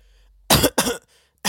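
Two quick, harsh cough bursts from an adult, then the onset of a third; a sound effect of coughing.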